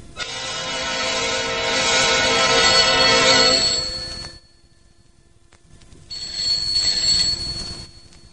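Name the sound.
telephone ringing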